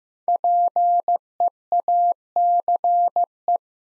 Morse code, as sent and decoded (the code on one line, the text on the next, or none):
.--. . .- -.-. .
PEACE